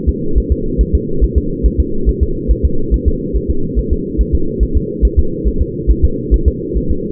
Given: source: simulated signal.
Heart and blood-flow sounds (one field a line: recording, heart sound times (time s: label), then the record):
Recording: fetal heart sounds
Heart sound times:
0.09 s: S2
0.38 s: S1
0.52 s: S2
0.81 s: S1
0.95 s: S2
1.24 s: S1
1.38 s: S2
1.66 s: S1
1.80 s: S2
2.09 s: S1
2.23 s: S2
2.51 s: S1
2.65 s: S2
2.94 s: S1
3.08 s: S2
3.37 s: S1
3.50 s: S2
3.79 s: S1
3.93 s: S2
4.21 s: S1
4.35 s: S2
4.63 s: S1
4.77 s: S2
5.05 s: S1
5.19 s: S2
5.48 s: S1
5.62 s: S2
5.91 s: S1
6.05 s: S2
6.34 s: S1
6.48 s: S2
6.77 s: S1
6.91 s: S2
From the record:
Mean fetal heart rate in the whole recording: 140 bpm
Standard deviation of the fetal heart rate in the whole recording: 2 bpm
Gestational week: 34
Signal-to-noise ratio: -8.1 dB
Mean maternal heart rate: 72 bpm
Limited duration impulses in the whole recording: absent